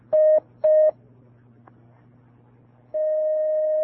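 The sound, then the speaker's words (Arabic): Two short, steady electronic telephone tones beep in quick succession, then a low hum runs under a brief click before a longer continuous tone sounds, as a listener's phone call is connected on a radio call-in program where Sheikh Abdul Karim Al-Khudair answers questions. “نأخذ هذا الاتصال.”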